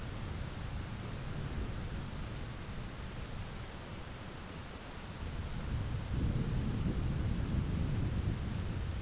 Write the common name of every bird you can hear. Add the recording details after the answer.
none. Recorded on Arctic tundra, site ZACK-1, on 11 June 2019. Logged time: 11:49